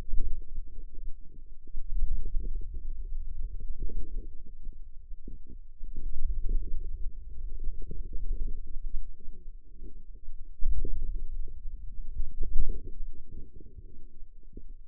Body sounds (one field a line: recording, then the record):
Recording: forearm muscle sounds (acoustic myography)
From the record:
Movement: hand closing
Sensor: system 2, bracelet of six BSWA MPA416 microphones around the upper forearm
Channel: 5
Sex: female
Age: 21 years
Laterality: right